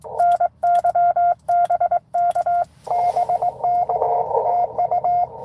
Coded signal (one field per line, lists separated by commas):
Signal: Morse code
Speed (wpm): 22 wpm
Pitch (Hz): 700 Hz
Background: none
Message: NY BK BK TU